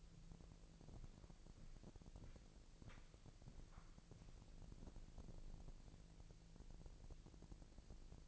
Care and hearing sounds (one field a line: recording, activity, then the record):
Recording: daily activity, microphone in the room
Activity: walk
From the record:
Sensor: 5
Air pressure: 1002.1 hPa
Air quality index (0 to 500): 240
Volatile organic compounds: 27 ppm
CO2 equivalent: 2884 ppm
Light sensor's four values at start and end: 32/75/31/34 and 32/75/31/34